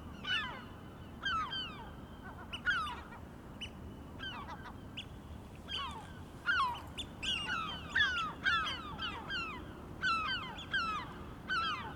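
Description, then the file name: Gulls giving rasping, falling cries, spaced at first, then quickening into a busier run of overlapping calls. Recorded 23 May 2004. "Mouettes 040523"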